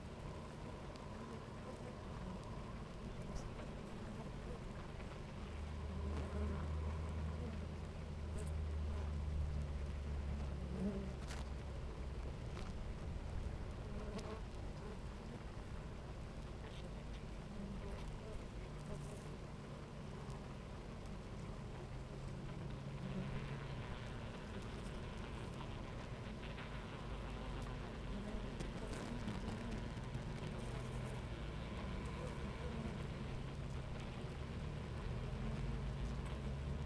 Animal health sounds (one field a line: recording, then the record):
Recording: honeybee colony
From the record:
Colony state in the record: active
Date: 28 July 2017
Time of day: 10:26